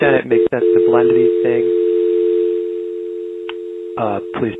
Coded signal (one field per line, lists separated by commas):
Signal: telephone call progress tone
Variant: North America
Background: speech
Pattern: dial tone